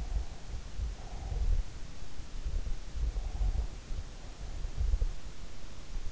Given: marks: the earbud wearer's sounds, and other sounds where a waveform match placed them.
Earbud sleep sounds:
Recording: sounds in sleep by an in-ear microphone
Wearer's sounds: breath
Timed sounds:
0.08-1.96 s: breath
2.76-5.15 s: breath

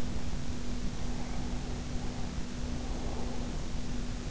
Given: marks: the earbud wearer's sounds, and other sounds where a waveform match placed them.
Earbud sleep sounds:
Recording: sounds in sleep by an in-ear microphone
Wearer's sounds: breath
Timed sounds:
0.83-3.77 s: breath

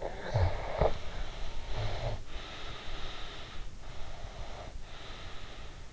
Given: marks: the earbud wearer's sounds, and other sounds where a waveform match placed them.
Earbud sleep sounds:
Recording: sounds in sleep by an in-ear microphone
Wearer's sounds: snoring breath, breath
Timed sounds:
0.06-3.60 s: snoring breath
3.82-5.83 s: breath

